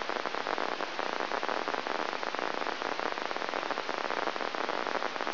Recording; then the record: brain microelectrode recording played as sound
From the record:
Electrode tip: inside the subthalamic nucleus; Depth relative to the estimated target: 1 mm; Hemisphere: left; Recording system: AlphaMap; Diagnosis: Parkinson's disease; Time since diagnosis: 20 years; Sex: female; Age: 65 years